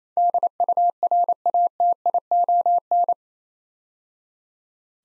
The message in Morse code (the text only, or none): DURATION